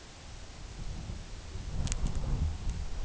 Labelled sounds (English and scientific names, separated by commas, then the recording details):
none
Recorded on Arctic tundra, site UTQI-2, on 17 June 2019
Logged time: 06:00